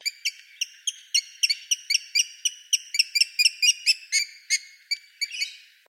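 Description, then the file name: Lorikeets giving rapid, shrill, high chirps, many notes repeated several times a second throughout, with no other sounds. "BIRD LORRIKEETS"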